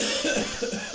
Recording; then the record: coughing mixed with background sound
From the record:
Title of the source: Spring Cold Coughing.